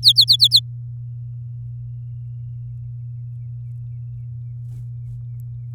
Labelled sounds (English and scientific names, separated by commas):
Domestic Canary (Serinus canaria) song